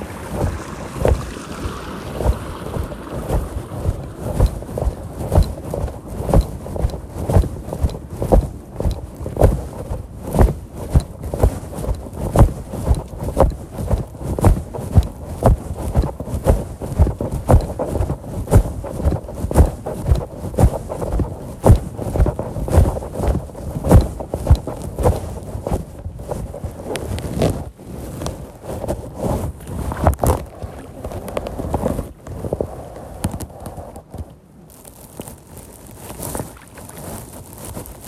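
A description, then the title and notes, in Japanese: Rice seedlings are being planted by hand, one at a time, in a flooded paddy. Soft, wet plops and squelches repeat at a quick, fairly even pace, about two per second, for the whole stretch, with a brief pause around the 34-second mark. 田植え。水苗代で苗を束にしたものを手に取り、 １本ずつ手植えでイネ苗たちを植えていきます。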